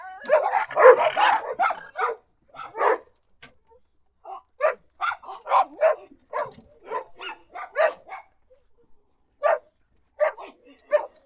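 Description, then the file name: Dog barking: a burst of rapid, overlapping barks, then short single and paired barks at uneven intervals with brief pauses between. "bellender Hund"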